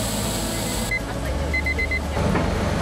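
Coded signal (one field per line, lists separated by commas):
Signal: none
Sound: vehicle or device chime beeps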